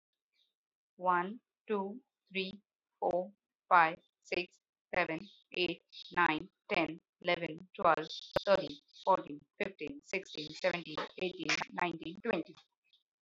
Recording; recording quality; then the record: counting at a normal pace; moderate, slight background noise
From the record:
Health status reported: healthy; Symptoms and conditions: none ticked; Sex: female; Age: 39 years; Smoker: not ticked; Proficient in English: yes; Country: India